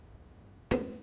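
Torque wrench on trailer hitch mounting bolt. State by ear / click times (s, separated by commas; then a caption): torque reached / 0.7 s. A click-type torque wrench set to 68 ft lbs, with a 19 mm socket and a 5-inch extension, tightens a trailer hitch mounting bolt on a 2016 Nissan Frontier. After quiet, the wrench gives a single sharp click at 0.7 s, followed by a brief metallic ring that fades by about 1.1 s. The single click confirms the bolt has reached the set torque.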